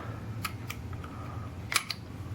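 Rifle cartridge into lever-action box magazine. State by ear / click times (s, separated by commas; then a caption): seated / 1.8 s, 1.9 s. A rifle cartridge is pushed down into the box magazine of a Winchester 95 lever-action rifle, with a few light metallic taps at 0.5 s and 0.7 s. The cartridge then seats with sharp metallic clicks at 1.8 s and 1.9 s. No one talks in this part.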